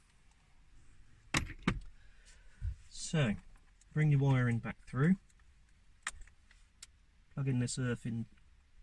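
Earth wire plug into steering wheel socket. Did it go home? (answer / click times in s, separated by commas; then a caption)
no / none. Someone talks while handling the earth wire plug for a steering wheel socket, with wiring being fed back through, and several sharp handling clicks and rattles are heard around 1.4 s, 1.7 s, 6.1 s and 6.8 s. The earthing plug has not yet seated or clicked into its socket.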